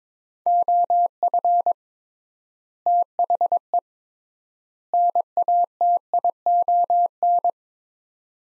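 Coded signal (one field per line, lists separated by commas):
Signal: Morse code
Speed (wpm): 22 wpm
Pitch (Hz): 700 Hz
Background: none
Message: OF THE NATION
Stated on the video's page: Morse practice drill of three-word sets at 22 wpm with 3x word spacing, akin to Farnsworth.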